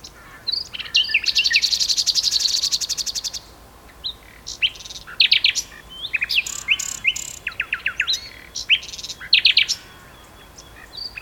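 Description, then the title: Common nightingale song, a long buzzing rattle followed by sharp chirps, pure whistled notes and quick repeated phrases. Two nightingales singing in a duet on Westleton Heath. "sanderson nightingale-duet-on-westleton-heath"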